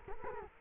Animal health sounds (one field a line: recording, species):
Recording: mosquito wingbeat signal from an infrared sensor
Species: Culex quinquefasciatus